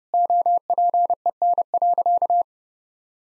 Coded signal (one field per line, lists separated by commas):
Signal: Morse code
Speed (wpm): 28 wpm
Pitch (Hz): 700 Hz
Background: none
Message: OPEN.